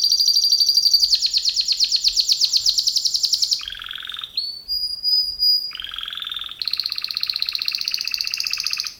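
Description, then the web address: Canary singing varied tours: a fast high trill, a lower rolling phrase, a whistled note, then another long steady trill of rapid notes. "kenar businka canto kenar"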